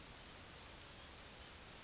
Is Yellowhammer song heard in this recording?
no